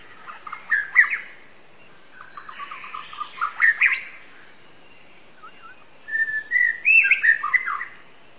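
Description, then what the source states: White-rumped shama song, three separate phrases of mixed clicks, rapid notes and fluid whistles, the last a sweet rising and falling run, with steady hiss behind. Wild white-rumped shama from the forest (murai batu hutan) singing.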